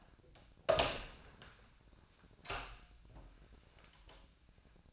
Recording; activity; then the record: daily activity, microphone in the room; open door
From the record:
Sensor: 2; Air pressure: 1009.1 hPa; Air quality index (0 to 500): 190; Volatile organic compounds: 3 ppm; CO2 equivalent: 1379 ppm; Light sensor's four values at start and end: 29/76/32/34 and 29/77/32/34